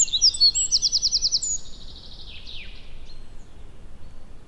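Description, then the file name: Eurasian wren, a short, loud, high trill of rapidly repeated notes, followed by a few descending squeaky notes, then quiet background noise. "Troglodytes troglodytes"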